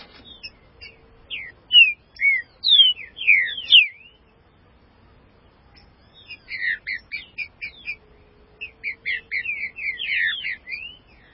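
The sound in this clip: Green-winged saltator song: a loud series of slurred whistled notes, a quiet gap, then a longer rapid run of chirping and slurred whistles.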